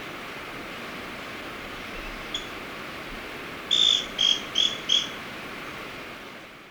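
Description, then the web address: Scale-crested pygmy-tyrant calls: one faint note, then four short, sharp notes in quick succession, over a steady background hiss. Ecuador. "Birds of Ecuador 3. Scale-Crested Pygmy-Tyrant"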